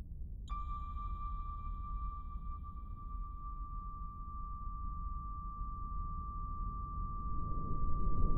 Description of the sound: An infinite reverb tail that turns into tinnitus.